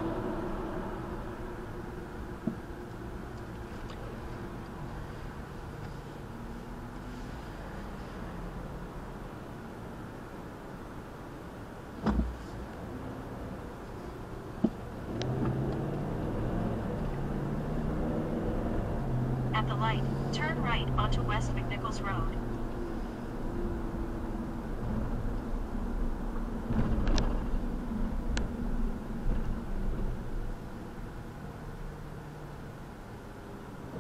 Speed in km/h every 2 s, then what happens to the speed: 16, 16, 10, 0, 0, 0, 6, 15, 29, 40, 48, 48, 47, 42, 29, 11, 0.
3-6 brakes to 0. 6-11 standing. 11-20 pulls away to 48. 20-25 steady at about 48. 25-32 brakes to 0.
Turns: 11-19.